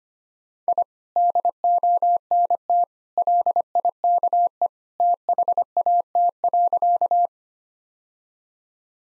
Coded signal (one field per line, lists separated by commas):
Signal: Morse code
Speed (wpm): 25 wpm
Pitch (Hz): 700 Hz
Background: none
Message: I DONT LIKE THAT.